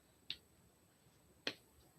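A new lid on a small craft-supply container is pressed closed and snaps shut, giving two short, sharp clicks at 0.3 s and 1.5 s over a quiet background. The lid seats properly.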